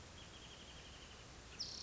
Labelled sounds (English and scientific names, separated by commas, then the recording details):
Wrentit (Chamaea fasciata)
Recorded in Sonoma County, California